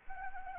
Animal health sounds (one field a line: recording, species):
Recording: mosquito wingbeat signal from an infrared sensor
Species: Anopheles arabiensis